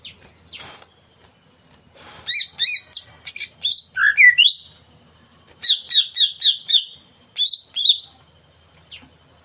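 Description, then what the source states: Greater green leafbird song: a quiet start, then bursts of sharp, high chirps and slurred whistles in quick runs, with one falling whistled note midway. Vigorous (gacor) song of a caged bird, played as a lure to make other caged birds sing before their cages are hung up.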